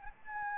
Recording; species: mosquito wingbeat signal from an infrared sensor; Anopheles gambiae